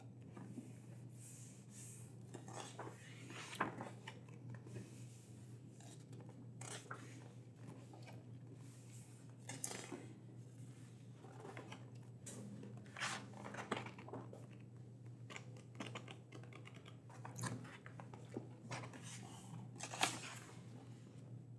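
Books being checked and handled, with frequent light clatters, scrapes and page rustles over a steady low hum, and a sharper knock near twenty seconds.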